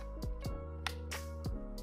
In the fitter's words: no the positive click there